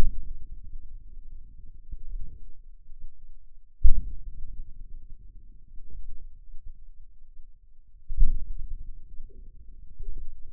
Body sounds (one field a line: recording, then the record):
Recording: forearm muscle sounds (acoustic myography)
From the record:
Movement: outward rotation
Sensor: system 2, bracelet of six BSWA MPA416 microphones around the upper forearm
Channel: 1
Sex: male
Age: 22 years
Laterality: right